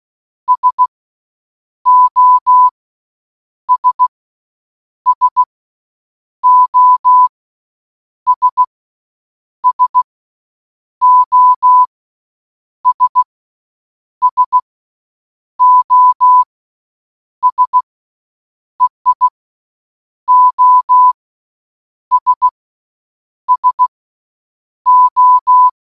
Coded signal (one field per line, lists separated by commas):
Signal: Morse code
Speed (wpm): 16 wpm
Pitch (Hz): 1000 Hz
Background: none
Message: SOS SOS SOS SOS EI OS SO